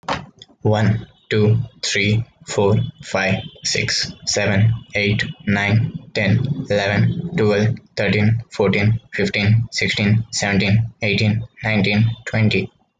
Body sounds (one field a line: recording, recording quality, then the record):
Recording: counting at a normal pace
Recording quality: excellent, no background noise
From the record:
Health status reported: healthy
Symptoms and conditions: none ticked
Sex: male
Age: 20 years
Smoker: not ticked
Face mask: worn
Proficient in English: yes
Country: India